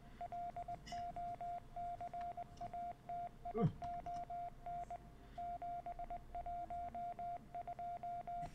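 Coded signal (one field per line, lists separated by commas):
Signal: Morse code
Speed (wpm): 20 wpm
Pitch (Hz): 700 Hz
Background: radio noise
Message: LOCATION 712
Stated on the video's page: Morse code puzzle within the PC game Secret World Legends.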